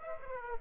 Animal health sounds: mosquito wingbeat signal from an infrared sensor; Aedes aegypti

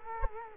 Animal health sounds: mosquito wingbeat signal from an infrared sensor; Culex quinquefasciatus

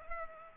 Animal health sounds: mosquito wingbeat signal from an infrared sensor; Culex pipiens

